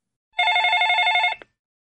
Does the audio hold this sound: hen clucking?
no